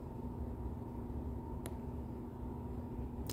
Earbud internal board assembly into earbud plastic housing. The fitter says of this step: and that is in I heard it click